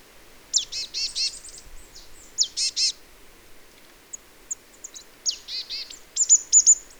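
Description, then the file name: Marsh tit calls: rapid series of harsh, nasal buzzy notes given in bursts, with a few thin high chips between them. "Poecile palustris"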